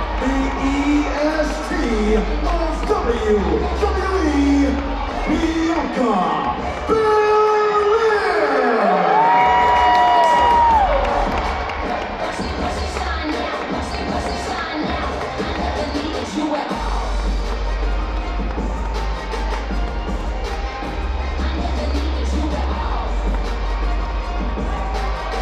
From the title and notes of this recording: Wrestling at Madison square garden. Mostly of people chanting!